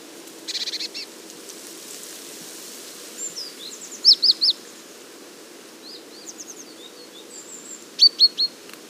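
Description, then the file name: Great tit calls: a brief buzzy churr, scattered thin high notes, and two quick bursts of three sharp, high, clipped notes several seconds apart. "Parus major"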